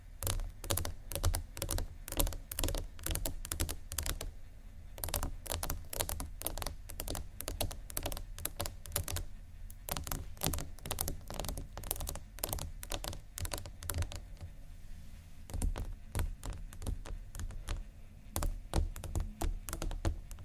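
Quick, crisp tapping runs through the whole clip, sounding much like fingers rattling over a keyboard, in uneven bursts that thin out briefly near 9 and 15 seconds. A steady low rumble sits beneath the clicks throughout.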